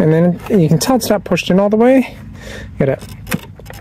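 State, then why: Seated. A battery pack is pushed firmly into the battery bay of a Snapper 1687914 SP electric walk-behind lawn mower while someone talks. It snaps into place at 3.6 s and 3.7 s and ends up seated flush in the bay.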